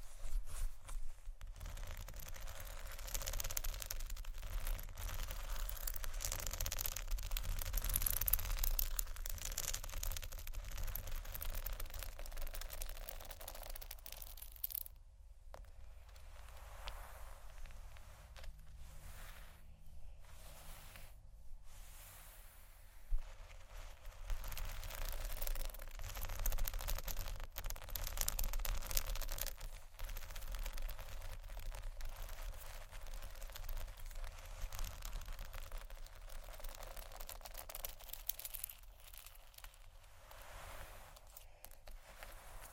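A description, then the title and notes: Soft tapping and scratching on cardboard with a silicone tool, a dense, steady run of light scrapes and taps that continues throughout. A few brief pauses break it up around 15 and 20 seconds, and a low hum sits underneath the whole time. ASMR Sleep Session Soft, Tapping, Cardboard, Massage, Scratching, Silicone, Etc. (No Talking).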